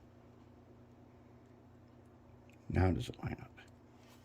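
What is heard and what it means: A plastic cover on the truck of a Life-Like Proto 2000 SD60 model locomotive, found to be on backwards, is turned around and lined up by hand. Faint small ticks of handling come around 2.5 s over a quiet background, then someone talks briefly. Nothing has snapped on or clicked into place yet.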